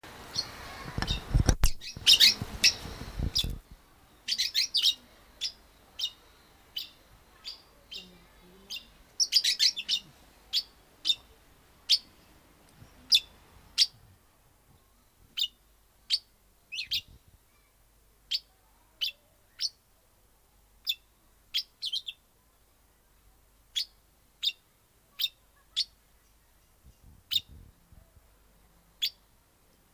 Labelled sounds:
Golden-shouldered Parrot (Psephotus chrysopterygius) call
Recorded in captivity
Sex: pair
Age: adult
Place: Tiergarten Wilhelma/Stuttgart, Baden-Württemberg, DE
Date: 2002-10-05 15:55
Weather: heiter, 15°C
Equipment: Nagra SN, Kopie Uher 4000 Report Monitor
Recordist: Tembrock, Günter
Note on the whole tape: Hooded-Sittich (P.c.dissimilis)

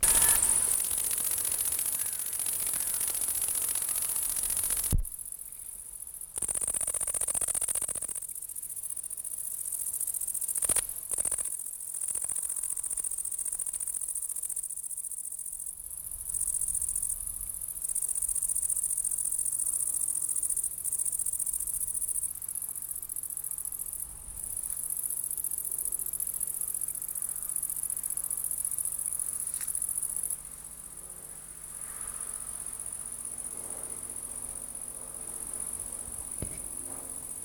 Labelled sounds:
Great Green Bush-cricket (Tettigonia viridissima) stridulation
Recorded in the wild
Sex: male
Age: imago
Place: Lienen, Nordrhein-Westfalen, DE
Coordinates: 52.146, 7.974
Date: 1991-09-21 17:30
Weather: 24,1 °C
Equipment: Marantz CP 430, Sennheiser ME 80, K 30 AV, Kopie Tesla B 116
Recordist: Tembrock, Günter

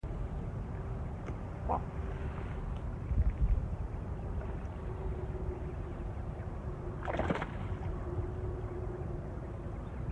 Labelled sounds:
Great Cormorant (Phalacrocorax carbo) call
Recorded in the wild
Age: adult
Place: Königswartha, Oberlausitz, Sachsen, DE
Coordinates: 51.3544, 14.3306
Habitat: pond
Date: 1989-08-06 17:04
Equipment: Riporter 6 RG-K, Sennheiser MKH 416 T, Kopie Uher Report Stereo IC
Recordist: Frommolt, Karl-Heinz

